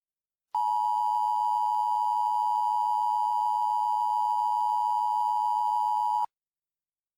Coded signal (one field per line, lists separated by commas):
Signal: Emergency Alert System (SAME) tones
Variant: 853 and 960 Hz attention tone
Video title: EAS Mock 13: Uprising